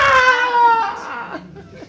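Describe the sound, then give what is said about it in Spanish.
A voice mimics a child's wailing cry, a loud, high, strained wail that holds steady then breaks into shorter, fading sobbing sounds. “Y que uno trata de cambiarla y entonces hace...”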